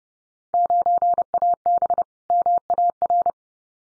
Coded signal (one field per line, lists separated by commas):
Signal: Morse code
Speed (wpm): 30 wpm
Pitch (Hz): 700 Hz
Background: none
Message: 9AB MAR